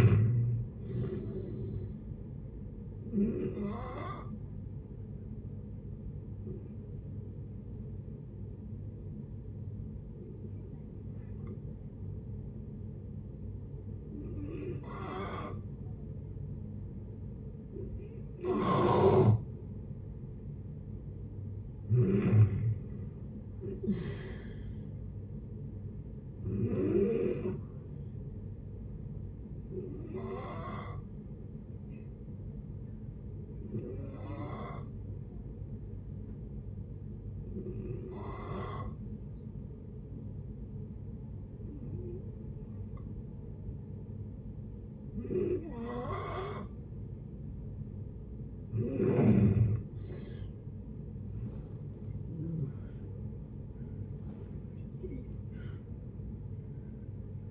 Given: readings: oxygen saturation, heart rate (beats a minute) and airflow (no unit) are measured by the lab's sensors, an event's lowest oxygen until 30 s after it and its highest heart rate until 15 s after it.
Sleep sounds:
breathing in sleep by a smartphone at the bedside; 2
6.00-21.60 s: hypopnea (N1, oxygen 94% highest, then 88% lowest, heart rate 69 at the start, 75 highest)
24.00-54.00 s: new sleep stage, N2 (light sleep)
29.00-48.60 s: hypopnea (N2, oxygen 93% highest, then 90% lowest, heart rate 75 at the start, 82 highest)
54.00-57.51 s: new sleep stage, N1 (lightest sleep)
From the record:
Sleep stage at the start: N1 (lightest sleep); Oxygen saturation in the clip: 87 to 95%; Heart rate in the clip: 56 to 82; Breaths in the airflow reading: 16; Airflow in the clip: -11.8 to 14.9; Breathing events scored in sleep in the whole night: 496 in 5.4 hours asleep

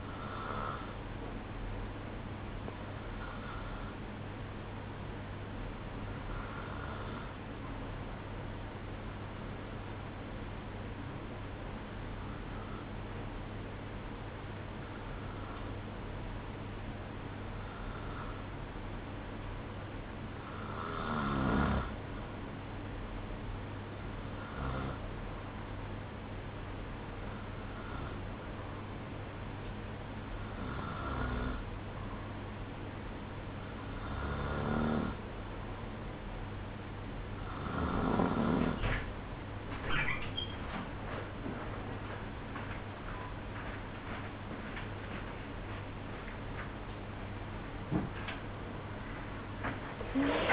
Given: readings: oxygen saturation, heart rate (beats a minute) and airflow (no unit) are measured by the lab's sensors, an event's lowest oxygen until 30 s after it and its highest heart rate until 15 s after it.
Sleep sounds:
breathing in sleep by a voice recorder at the bedside; none
none scored
From the record:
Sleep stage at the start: REM sleep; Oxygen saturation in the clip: 94 to 95%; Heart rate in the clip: 57 to 61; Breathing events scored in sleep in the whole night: 305 in 9.6 hours asleep

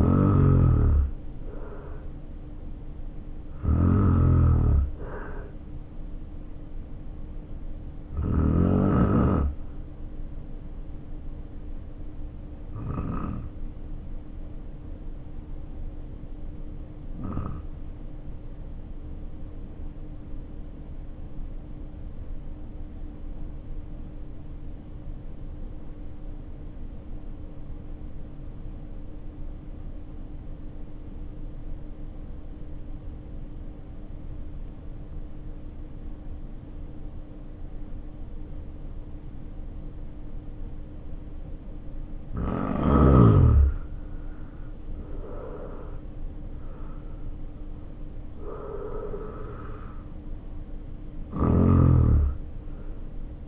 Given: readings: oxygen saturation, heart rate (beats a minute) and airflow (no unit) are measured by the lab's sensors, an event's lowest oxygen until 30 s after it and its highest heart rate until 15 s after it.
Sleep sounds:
breathing in sleep by a smartphone at the bedside; 1
10.00-42.90 s: hypopnea (N1, oxygen 95% highest, then 74% lowest, heart rate 52 at the start, 75 highest)
19.00-49.00 s: new sleep stage, N2 (light sleep)
49.00-53.47 s: new sleep stage, N1 (lightest sleep)
From the record:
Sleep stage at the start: N1 (lightest sleep); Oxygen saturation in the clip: 75 to 95%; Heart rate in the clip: 52 to 75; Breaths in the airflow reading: 9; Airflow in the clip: -4.9 to 6.7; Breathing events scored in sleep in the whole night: 520 in 7.2 hours asleep

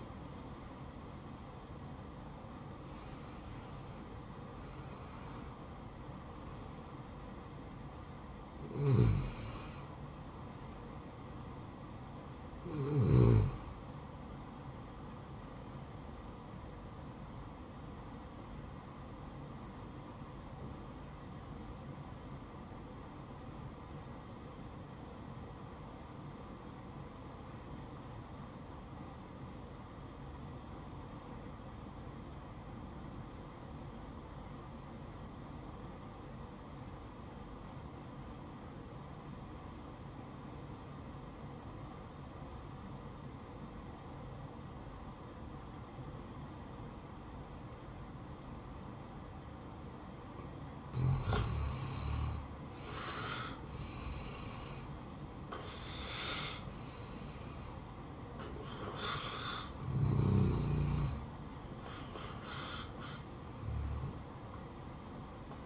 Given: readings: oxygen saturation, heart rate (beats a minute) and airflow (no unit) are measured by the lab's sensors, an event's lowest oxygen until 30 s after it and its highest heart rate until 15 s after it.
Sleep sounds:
breathing in sleep by a smartphone at the bedside; 1
14.00-44.00 s: new sleep stage, N2 (light sleep)
18.00-52.50 s: obstructive apnea (N2, oxygen 96% highest, then 85% lowest, heart rate 64 at the start, 73 highest)
44.00-65.66 s: new sleep stage, N1 (lightest sleep)
From the record:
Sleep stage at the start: N1 (lightest sleep); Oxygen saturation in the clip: 85 to 96%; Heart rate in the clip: 60 to 81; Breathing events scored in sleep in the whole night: 573 in 9.8 hours asleep

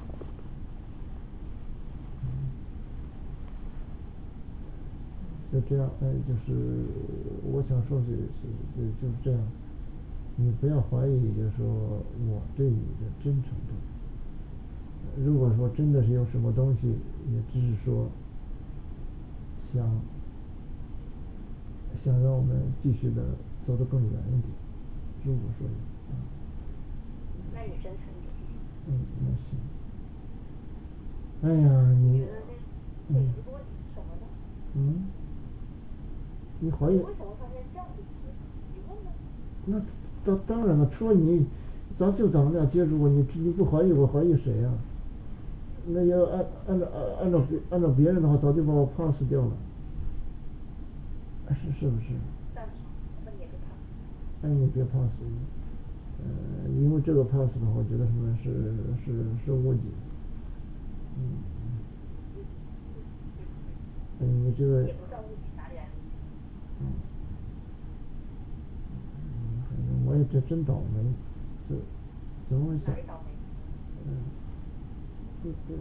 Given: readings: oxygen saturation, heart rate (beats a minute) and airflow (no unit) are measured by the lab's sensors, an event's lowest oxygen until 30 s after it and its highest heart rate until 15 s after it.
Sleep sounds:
a person awake in a sleep study, by a smartphone at the bedside; none
0.00-75.81 s: awake
From the record:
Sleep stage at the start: awake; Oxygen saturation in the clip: 95 to 97%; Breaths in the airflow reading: 20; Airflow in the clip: -6.3 to 6.5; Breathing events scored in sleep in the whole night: 216 in 7.0 hours asleep

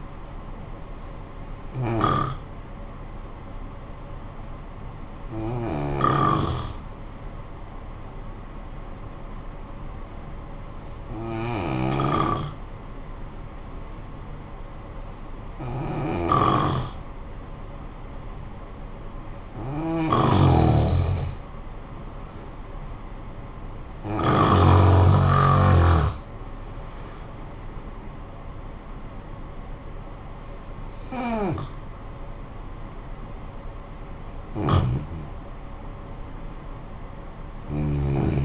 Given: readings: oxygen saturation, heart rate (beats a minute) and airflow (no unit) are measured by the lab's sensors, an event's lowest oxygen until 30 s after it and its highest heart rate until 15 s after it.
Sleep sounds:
breathing in sleep by a smartphone at the bedside; 1
3.00-17.90 s: hypopnea (N1, oxygen 92% highest, then 88% lowest, heart rate 59 at the start, 64 highest)
6.00-38.45 s: new sleep stage, N2 (light sleep)
From the record:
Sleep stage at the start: N1 (lightest sleep); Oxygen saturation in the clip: 88 to 94%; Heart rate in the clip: 53 to 69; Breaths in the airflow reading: 8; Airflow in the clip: -11.0 to 8.3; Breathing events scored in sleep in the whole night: 445 in 7.6 hours asleep

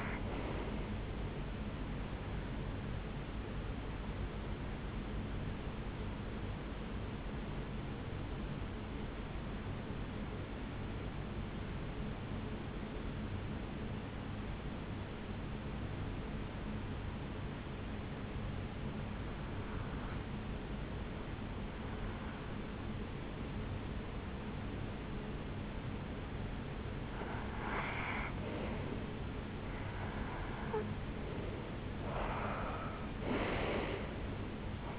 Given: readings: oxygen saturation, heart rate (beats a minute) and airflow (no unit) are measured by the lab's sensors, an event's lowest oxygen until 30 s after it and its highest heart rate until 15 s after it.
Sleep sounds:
breathing in sleep by a voice recorder at the bedside; 1
5.00-27.90 s: hypopnea (REM, oxygen 96% highest, then 90% lowest, heart rate 70 at the start, 78 highest)
From the record:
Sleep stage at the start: REM sleep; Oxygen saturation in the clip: 89 to 96%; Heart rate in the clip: 63 to 80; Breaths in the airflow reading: 7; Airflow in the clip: -7.2 to 4.6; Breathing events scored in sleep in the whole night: 449 in 7.0 hours asleep

